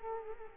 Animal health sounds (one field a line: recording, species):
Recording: mosquito wingbeat signal from an infrared sensor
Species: Culex quinquefasciatus